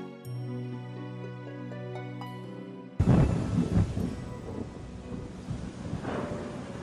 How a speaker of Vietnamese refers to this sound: Trời xì xầm dự báo một cơn mưa, đổ gục xuống, vùi đầu vào cát, vùi đầu vào nỗi đau tan nát lòng. Và cơn mưa nuốt chửng lấy tôi.